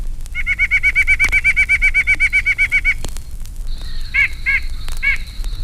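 White-breasted Nuthatch song, a rapid steady series of nasal whistled notes lasting nearly three seconds, followed by a few spaced nasal notes and a thin high sustained tone.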